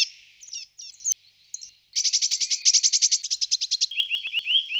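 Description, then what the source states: Bird song of fast, high twittering: brief scratchy notes, then a rapid even trill of chips, ending in repeated lower slurred notes. 30 ms sound units; unit 4.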